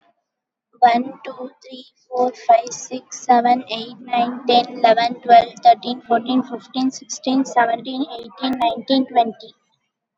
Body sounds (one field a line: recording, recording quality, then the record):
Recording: counting at a normal pace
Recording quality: excellent, no background noise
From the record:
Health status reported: COVID-19 positive, mild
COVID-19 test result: positive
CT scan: not taken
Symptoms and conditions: cold, fever, muscle pain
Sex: female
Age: 19 years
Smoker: no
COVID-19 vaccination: one dose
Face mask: not worn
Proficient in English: yes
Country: India